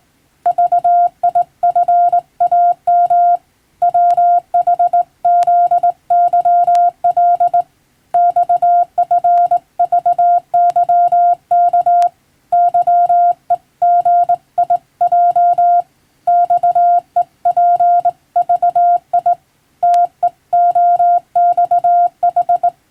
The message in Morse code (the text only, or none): VIFAM WHZYL XFVYK YEGIJ XEPVI TEOXH